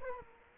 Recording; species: mosquito wingbeat signal from an infrared sensor; Culex quinquefasciatus